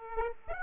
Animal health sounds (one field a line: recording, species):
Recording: mosquito wingbeat signal from an infrared sensor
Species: Aedes aegypti